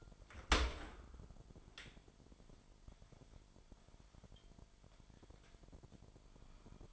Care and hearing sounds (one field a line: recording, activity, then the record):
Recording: daily activity, microphone in the room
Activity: open dishwasher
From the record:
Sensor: 5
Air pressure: 998.5 hPa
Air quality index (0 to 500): 80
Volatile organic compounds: 1 ppm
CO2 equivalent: 904 ppm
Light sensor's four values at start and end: 27/63/27/29 and 27/64/27/30